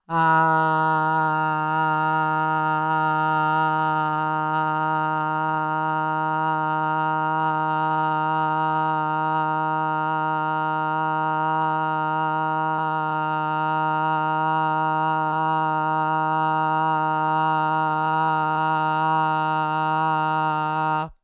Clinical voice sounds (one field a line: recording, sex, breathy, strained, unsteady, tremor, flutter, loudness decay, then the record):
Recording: sustained vowel /a/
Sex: female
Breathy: absent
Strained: absent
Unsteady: present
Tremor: absent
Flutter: absent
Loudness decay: absent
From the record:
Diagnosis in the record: Parkinson's disease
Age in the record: 61 years